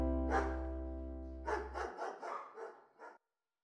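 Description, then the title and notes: Dog barking: a quick run of several short, rough barks in under two seconds, following a steady low droning hum that stops shortly after the barking begins. "My Grandads Dog by PenCe"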